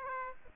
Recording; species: mosquito wingbeat signal from an infrared sensor; Aedes aegypti